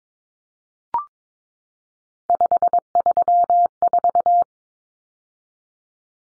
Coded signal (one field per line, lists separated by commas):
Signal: Morse code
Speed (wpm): 22 wpm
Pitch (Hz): 700 Hz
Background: none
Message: 534